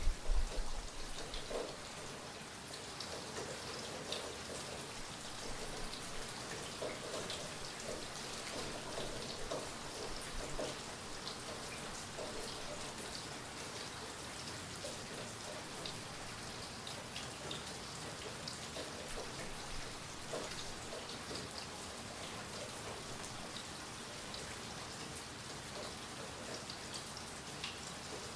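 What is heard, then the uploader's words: Steady rain falls throughout, a dense, even hiss with countless fine drops pattering on a surface. The level stays constant from start to finish, with only small flickers of louder drops, and no clear thunder rolls stand out. Rain Sounds. Soft thunderstorm.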